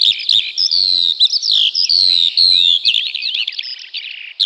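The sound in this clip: Eurasian skylark in full song, long drawn whistles mixed with quick chattering trills and twitters in a continuous stream.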